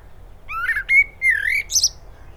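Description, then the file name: Common blackbird giving a short phrase of smooth, gently rising and falling whistles capped by a brief high, scratchy twitter. "Turdus merula"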